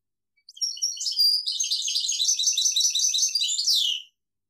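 European goldfinch with one unbroken stream of rapid, bright twitters and buzzy trills lasting about three and a half seconds, closing on a downslurred note.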